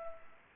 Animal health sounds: mosquito wingbeat signal from an infrared sensor; Anopheles arabiensis

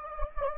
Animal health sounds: mosquito wingbeat signal from an infrared sensor; Anopheles gambiae

